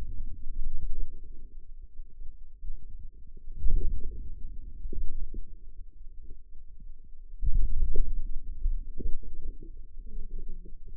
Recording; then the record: forearm muscle sounds (acoustic myography)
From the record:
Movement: ulnar deviation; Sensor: system 2, bracelet of six BSWA MPA416 microphones around the upper forearm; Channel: 6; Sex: female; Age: 21 years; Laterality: right